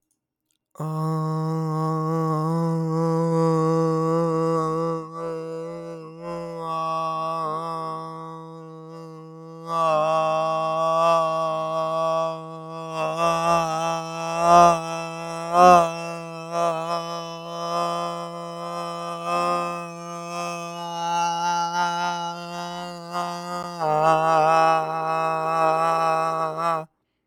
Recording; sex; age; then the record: vowel held as long as possible; male; 20 to 29 years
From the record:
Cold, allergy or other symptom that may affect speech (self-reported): no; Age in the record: 24 years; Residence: Maryland, United States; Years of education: 16